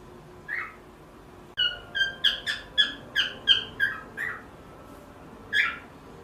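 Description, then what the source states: Cockatiel squawks: a single harsh note, then a steady run of several sharp, rasping calls, ending with one more squawk after a pause. Pearl cockatiel.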